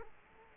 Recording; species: mosquito wingbeat signal from an infrared sensor; Culex quinquefasciatus